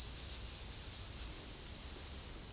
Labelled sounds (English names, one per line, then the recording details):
none
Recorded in secondary vegetation near Puerto Asís, Putumayo, Colombia, on 4 March 2025 at 13:30
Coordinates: 0.484, -76.319
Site G010